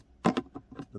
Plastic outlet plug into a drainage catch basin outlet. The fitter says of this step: plug now snaps in place tightens up and